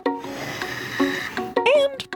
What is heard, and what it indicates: A ventilator is a machine that helps people breathe. Some people use ventilators when they're sick, but other people use ventilators every day, like to help them breathe while they sleep. A ventilator helps push air in and. Pull air back out.